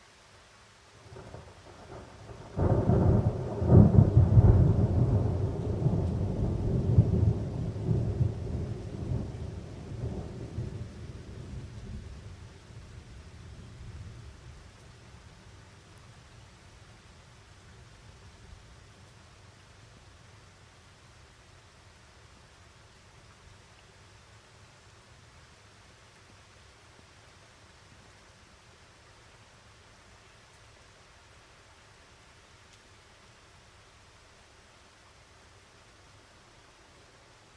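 Thunder rolls in from a storm in the mountains, building from about three seconds into a deep, rumbling peak around four to eight seconds. The roar slowly fades through fifteen seconds, leaving a soft, steady hiss of rain for the rest.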